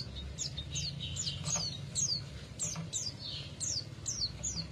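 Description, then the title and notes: Canary chirps: bright downward-slurred whistled notes repeated at an uneven pace over a low background hum. Therapy recording meant to get a canary that has stopped singing to sing again; the bird is described as an F1 canary. "#18. TERAPI KENARI MACET. Kenari F1"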